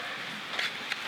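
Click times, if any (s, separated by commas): 0.9 s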